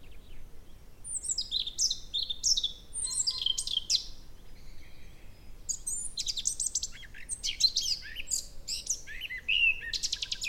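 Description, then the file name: Eurasian blackcap song: varied, quick warbling phrases of high twittering notes, delivered in bursts with short pauses between them. "Sylvia atricapilla"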